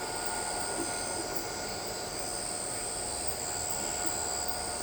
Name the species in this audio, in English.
none